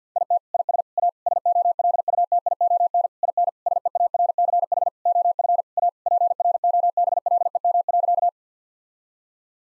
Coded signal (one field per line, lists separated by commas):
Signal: Morse code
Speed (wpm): 50 wpm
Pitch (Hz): 700 Hz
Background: none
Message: IT IS A SOLUTION IN SEARCH OF A PROBLEM.